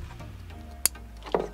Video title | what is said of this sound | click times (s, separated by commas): Jeep Wrangler JK / JKU Trailer Hitch and Wiring Install / Quadratec Hitch Kit | hear that click then | 0.9 s